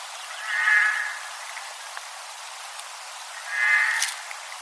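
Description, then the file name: Eurasian jay giving two harsh, hoarse screeches about three seconds apart, each lasting under a second, over a steady background hiss. "Garrulus glandarius"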